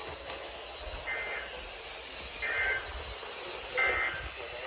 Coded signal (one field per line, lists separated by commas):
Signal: Emergency Alert System (SAME) tones